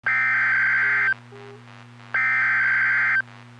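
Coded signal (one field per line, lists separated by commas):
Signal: Emergency Alert System (SAME) tones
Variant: header bursts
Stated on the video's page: Severe Thunderstorm Warning for the Little Rock area.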